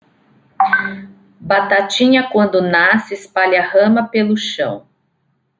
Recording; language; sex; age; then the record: short text; Brazilian Portuguese; female; 40 to 49 years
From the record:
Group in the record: control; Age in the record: 47 years